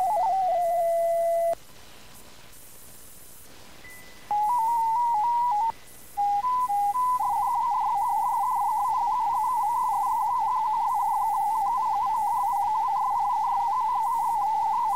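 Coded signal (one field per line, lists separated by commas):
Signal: multi-tone FSK (Olivia or MFSK type)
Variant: Contestia 4/250, MFSK32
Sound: steady tone, short pause, slow stepping tones, then a fast burbling warble of hopping tones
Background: faint steady high tone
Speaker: stay tuned for another test message just like on the Nets over the radio the transmission will begin in kestia 4250 a mode change to mfsk 32 will be sent followed by the test FL message traffic and then another mode change back to contesa once the traffic is sent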